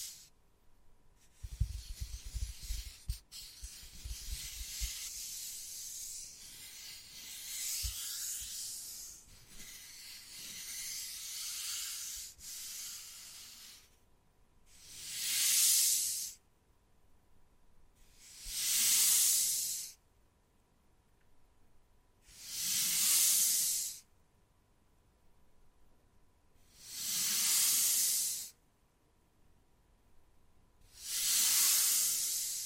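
Wood carving: a rough, continuous scratching fills the first half, with a few dull low taps early on. Then come five separate bright, hissing scrapes, each about a second and a half long, evenly spaced with quiet gaps between.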